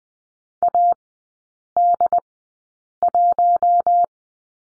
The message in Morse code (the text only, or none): AD1